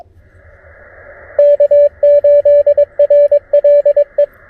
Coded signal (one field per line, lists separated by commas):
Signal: Morse code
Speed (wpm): 25 wpm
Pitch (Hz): 590 Hz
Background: radio noise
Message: K8RLE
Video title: Coffee and Morse Code: A Relaxing QRP POTA Activation at Clemmons Educational State Forest